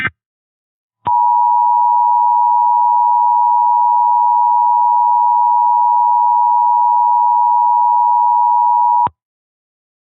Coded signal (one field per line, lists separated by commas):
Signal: Emergency Alert System (SAME) tones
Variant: 853 and 960 Hz attention tone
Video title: EAS Scenario: Blood Night Remastered